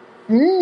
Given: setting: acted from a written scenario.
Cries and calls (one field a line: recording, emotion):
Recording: vocal sound without words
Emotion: interest